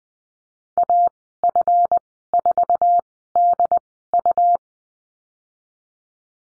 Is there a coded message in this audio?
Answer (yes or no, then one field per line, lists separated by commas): yes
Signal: Morse code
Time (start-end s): 0.8-4.6 s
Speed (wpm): 20 wpm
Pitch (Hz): 700 Hz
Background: none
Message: AF4DU